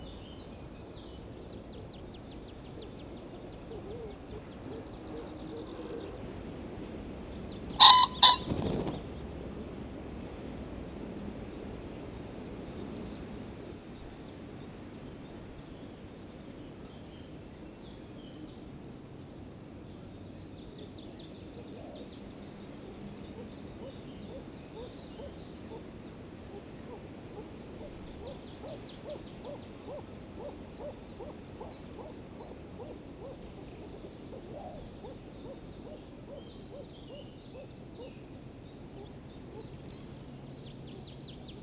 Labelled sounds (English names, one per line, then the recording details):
Common Pheasant call
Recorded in the wild
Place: Groß Nemerow, Mecklenburg-Vorpommern, DE
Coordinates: 53.453, 13.186
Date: 1982-05-03
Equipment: Nagra III BH, Sennheiser MD 24
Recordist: Schubert, Michael